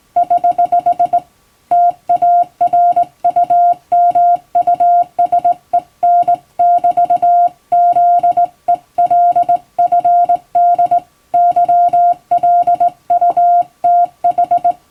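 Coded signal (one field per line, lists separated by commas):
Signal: Morse code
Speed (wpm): 19 wpm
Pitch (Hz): 700 Hz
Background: none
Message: <HH> TARUMUSEN<BT>ZELFD YLUTH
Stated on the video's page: Hand-keyed Morse practice with a telegraph key, international code sent in telegram format by a first-class radiotelegraph operator.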